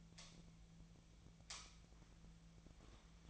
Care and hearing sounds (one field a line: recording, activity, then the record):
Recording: daily activity, microphone in the room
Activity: light on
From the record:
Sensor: 1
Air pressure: 1009.8 hPa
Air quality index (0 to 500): 190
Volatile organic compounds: 18 ppm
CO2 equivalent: 2603 ppm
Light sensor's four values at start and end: 35/89/37/45 and 46/133/54/62